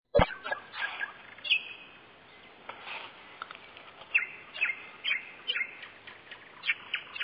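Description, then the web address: Common nightingale singing: varied loud, abrupt notes and short phrases spaced throughout, set against a steady hiss. Singing in May 2007 at the mouth of the Salanka river. "rossignol-chant-du-rossignol-en-mai-2007-a-lembouchure-de-la-riviere-salanka"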